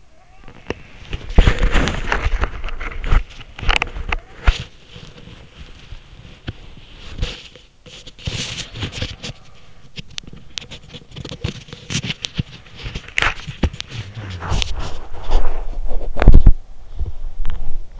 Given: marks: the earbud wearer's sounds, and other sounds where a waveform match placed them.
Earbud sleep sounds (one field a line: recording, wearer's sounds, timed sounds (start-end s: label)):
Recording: sounds in sleep by an in-ear microphone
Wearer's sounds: body movement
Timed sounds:
0.00-18.00 s: body movement